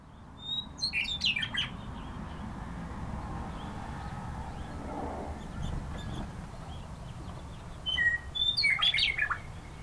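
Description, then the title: Bird song in two short bursts of high, quick chirps and whistles, one near the start and one near the end, over a steady low rumble. "neoscenes: birds"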